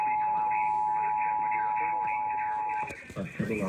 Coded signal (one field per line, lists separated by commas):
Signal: Emergency Alert System (SAME) tones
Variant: 853 and 960 Hz attention tone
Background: speech